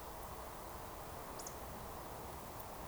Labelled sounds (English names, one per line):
Eurasian Woodcock whistle